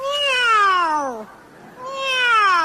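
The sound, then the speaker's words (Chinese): A voice, asked to imitate a dragon's cry, instead imitates a cat, giving two long, drawn-out meows with falling pitch and rich harmonics, separated by a short pause. “这是猫。”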